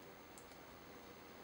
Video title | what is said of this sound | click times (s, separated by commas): Nikon J1 in White Unboxing Video + Close Up (in 1080p HD) | you connect the lens and you just twist it until you hear a click | 0.4 s